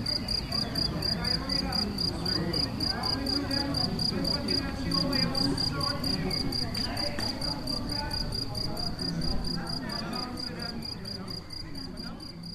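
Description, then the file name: Cricket giving a continuous train of short high chirps about four a second, with scattered mid-pitched sounds and low rumble behind. Crickets recorded in Galicia on 24 May 2014 with an MZ-N 710 recorder. "MZ-N 710 Grillons la Galicia re 24 05 14"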